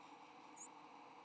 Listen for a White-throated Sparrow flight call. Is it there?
no